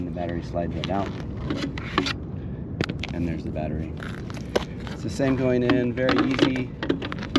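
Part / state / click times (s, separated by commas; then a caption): e-bike battery pack into its frame mount / not seated / none. The removable battery pack of a Fiido Titan SUV e-bike is slid out of its frame mount and handled while someone talks, with sharp clacks and scrapes around 2.8–3.0 s and again near 6.9–7.4 s. It is about to go back into the frame mount, but nothing has seated or clicked into place yet.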